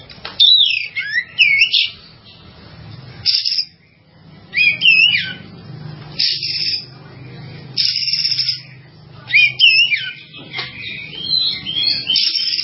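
Bird song: bursts of sharp high whistles and trills separated by short pauses, over a low rumbling background.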